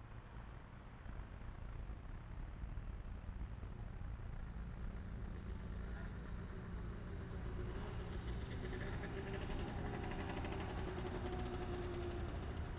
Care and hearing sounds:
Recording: everyday scene through a hearing-aid microphone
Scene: in traffic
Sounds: traffic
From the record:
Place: main city hub, rush hour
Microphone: behind the ear, right, rear

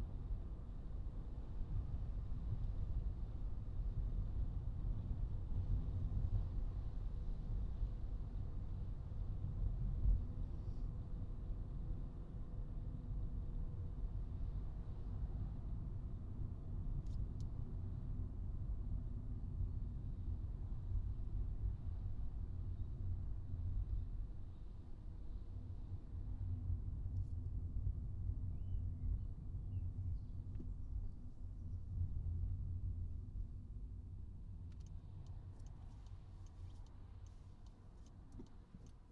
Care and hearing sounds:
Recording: everyday scene through a hearing-aid microphone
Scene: in a vehicle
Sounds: engine, highway traffic jam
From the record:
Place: Skoda Fabia, gasoline engine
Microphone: in the ear canal, right

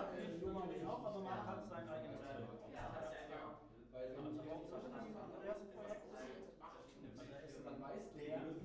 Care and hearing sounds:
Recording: everyday scene through a hearing-aid microphone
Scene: many people talking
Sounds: many voices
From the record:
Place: bistro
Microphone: behind the ear, right, rear

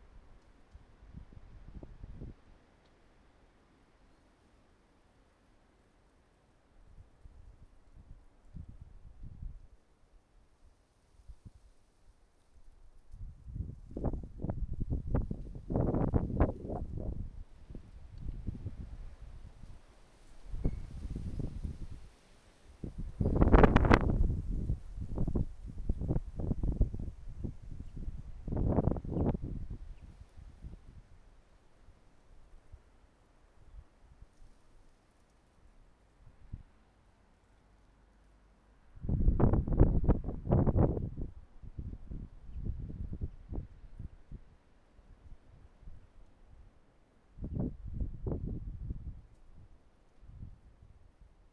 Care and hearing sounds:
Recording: everyday scene through a hearing-aid microphone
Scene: wind on the microphone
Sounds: wind, traffic, birds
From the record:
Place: suburban garden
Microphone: behind the ear, right, rear

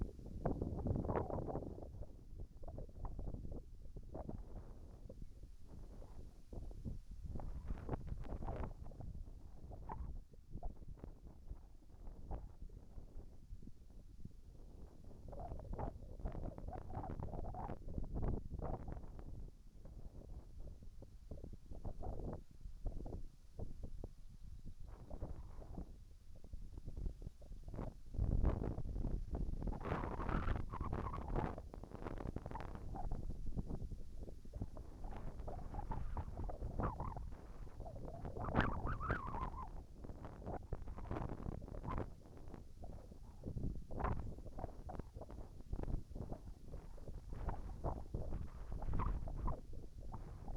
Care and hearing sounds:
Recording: everyday scene through a hearing-aid microphone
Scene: wind on the microphone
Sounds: wind, whistling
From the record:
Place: in front of a rural house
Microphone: behind the ear, right, rear

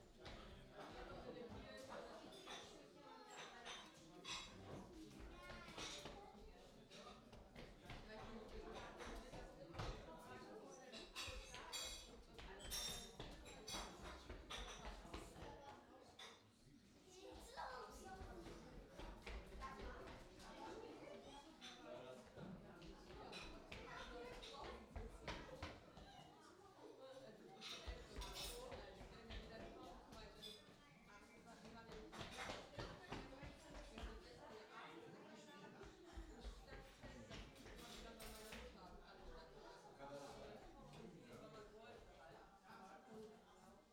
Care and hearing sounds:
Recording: everyday scene through a hearing-aid microphone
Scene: many people talking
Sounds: footsteps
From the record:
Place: parish hall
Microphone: in the ear canal, left

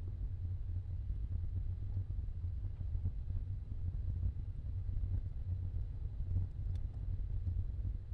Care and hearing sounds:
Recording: everyday scene through a hearing-aid microphone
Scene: in a vehicle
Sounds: engine, rumble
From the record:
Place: Skoda Fabia, gasoline engine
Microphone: in the ear canal, left

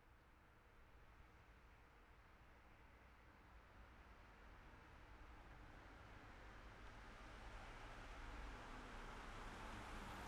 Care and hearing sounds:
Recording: everyday scene through a hearing-aid microphone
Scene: in traffic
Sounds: traffic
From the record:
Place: city secondary road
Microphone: behind the ear, left, rear

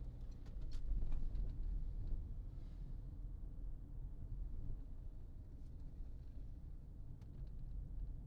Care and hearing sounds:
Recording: everyday scene through a hearing-aid microphone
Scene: in a vehicle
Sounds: engine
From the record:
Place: Berlingo II, diesel engine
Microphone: in the ear canal, left

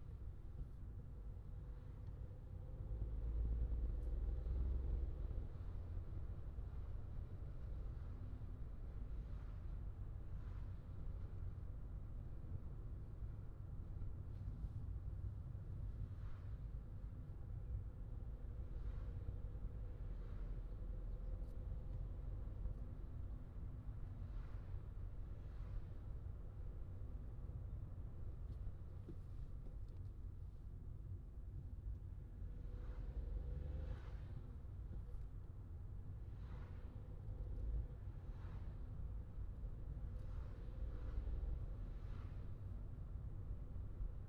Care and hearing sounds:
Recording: everyday scene through a hearing-aid microphone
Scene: in a vehicle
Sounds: engine, traffic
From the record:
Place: Skoda Fabia, gasoline engine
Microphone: in the ear canal, left

